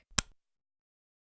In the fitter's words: push it on to the base until you hear it click